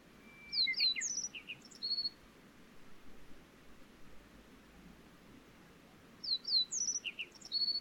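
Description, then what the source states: Wild bird uttering quick high thin whistles and slurred notes in a cluster, a pause, then a similar burst near the end; soft hiss underneath. Wild bird recorded on 2019-07-29.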